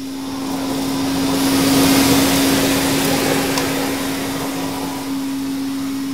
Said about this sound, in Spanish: Pero no cualquier aspiradora, sino la misma que aparece en su obra más conocida, ¿qué es lo que hace de las casas de hoy sean tan diferentes, tan atractivas? Una Hubble Constellation 867A.